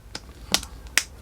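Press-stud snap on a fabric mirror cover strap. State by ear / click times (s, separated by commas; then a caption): seated / 0.5 s, 1.0 s. A fabric side-view mirror cover, which breathes and keeps water and moisture out of the mirror's crevices to prevent mold, is fitted over the mirror, and the press-stud snap fasteners on the strap at its end are pushed together. After a faint tick at 0.2 s, two sharp snaps ring out at 0.5 s and 1.0 s as the snaps close. The cover ends up snapped firmly in place.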